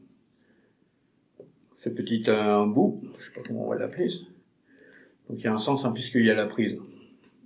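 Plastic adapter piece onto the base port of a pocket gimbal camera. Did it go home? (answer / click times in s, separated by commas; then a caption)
no / none. A small plastic adapter piece marked Osmo is handled at the connector port at the base of a pocket gimbal camera, where it fits only one way because of the plug. Someone talks throughout, with faint handling ticks around 1.4 s and 1.7 s and a brief sharp tick near 5.0 s. Nothing has seated or clicked yet.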